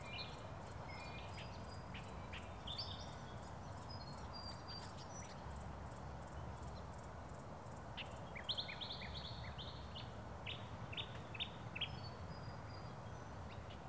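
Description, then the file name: Bird calls with scattered short high chirps and a brief rapid twitter, alongside a fast even series of faint high ticks, all over constant low outdoor rumble. Recorded in a park. "Birds At Weston Park"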